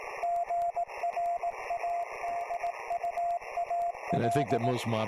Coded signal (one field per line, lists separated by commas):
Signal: Morse code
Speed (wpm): 18 wpm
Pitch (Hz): 690 Hz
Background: speech, radio noise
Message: GRADUAL